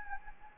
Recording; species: mosquito wingbeat signal from an infrared sensor; Anopheles gambiae